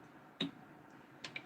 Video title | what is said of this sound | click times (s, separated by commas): Kodiak Edge Bladesmithing is live! More Watch and Knife Finds! | Case down. Hopefully you'll hear a snap. | 0.4 s